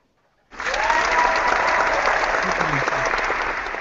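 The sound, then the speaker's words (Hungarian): An applause sound effect starts abruptly after a short silence and holds steady as dense, crackling clapping, with faint whistling or cheering tones mixed in, staying loud until the end. “Taps effektek nyomjál”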